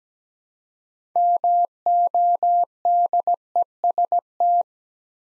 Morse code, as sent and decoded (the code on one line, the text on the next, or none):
-- --- -.. . ... -
MODEST